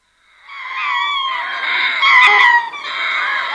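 Ring-tailed lemurs giving a brief, loud burst of overlapping wavering wails and mews that swell quickly and hold steady.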